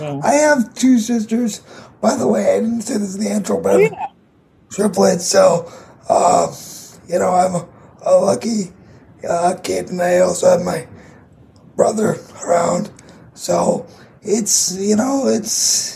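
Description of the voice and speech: Slow, effortful speech from a 22-year-old man with cerebral palsy, which makes his muscles tight and talking harder: devoiced consonants, drawn-out sounds and frequent pauses, typical of dysarthria.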